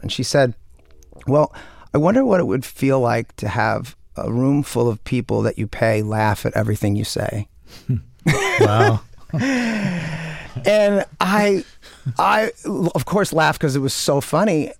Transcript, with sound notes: And she said, well, I wonder what it would feel like to have a room full of people that you pay laugh at everything you say.
Wow.
(Laughter) And I, of course, laugh, 'cause it was so funny.